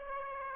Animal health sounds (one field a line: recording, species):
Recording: mosquito wingbeat signal from an infrared sensor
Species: Aedes aegypti